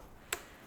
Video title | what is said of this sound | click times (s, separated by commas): I REBUILT A BROKEN DAMAGED RANGE ROVER ENGINE 5.0 V8 SUPERCHARGED - FULL BUILD | Click. Click. | 0.3 s